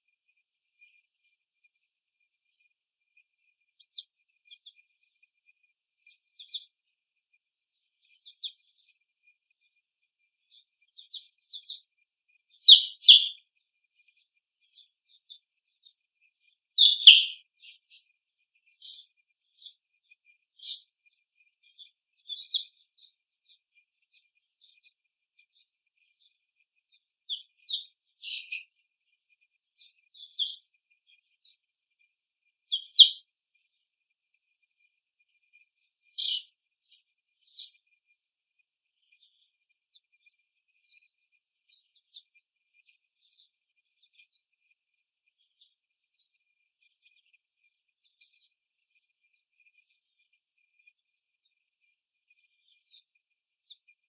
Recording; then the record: young laying hens in a cage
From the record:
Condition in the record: after the stressor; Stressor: simulated dog barking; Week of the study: 1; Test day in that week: 1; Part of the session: 1